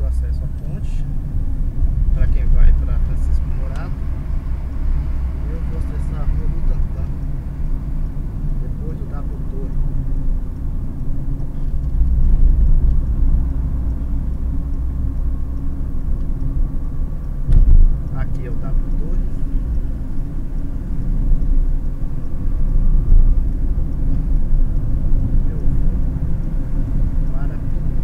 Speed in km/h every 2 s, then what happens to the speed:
28, 30, 32, 36, 40, 43, 43, 46, 47, 50, 47, 50, 52, 52.
0-17 speeds up to 50. 17-28 steady at about 50.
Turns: none.